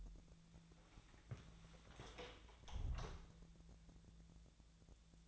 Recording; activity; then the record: daily activity, microphone in the room; close door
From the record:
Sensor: 3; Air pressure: 1000.4 hPa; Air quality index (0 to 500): 180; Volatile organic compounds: 4 ppm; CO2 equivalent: 1558 ppm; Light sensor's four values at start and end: 13/32/13/14 and 13/32/13/14